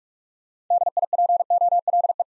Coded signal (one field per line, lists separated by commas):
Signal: Morse code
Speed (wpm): 44 wpm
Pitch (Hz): 700 Hz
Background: none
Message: DIPOLE